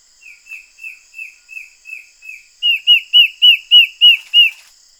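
Bird calls: seven soft downslurred whistled notes, then a louder run of seven arched, rising-falling notes, roughly three per second, over a steady high hiss.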